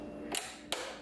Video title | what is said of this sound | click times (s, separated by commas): Removal of center console C8 Corvette. DIY Stealth package | and it snaps right in | 0.7 s